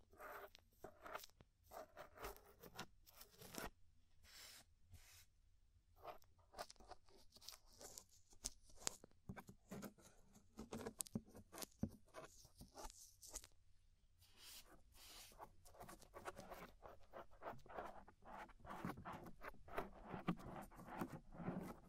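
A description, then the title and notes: Ear scraping, with dense, irregular scratchy strokes that rustle and crackle almost without pause. The bursts come in quick, uneven clusters with brief quieter gaps in the first half, then grow busier and steadier from about fifteen seconds on, with a faint low rumble underneath. Inner and Outer Ear Scraping (No Talking).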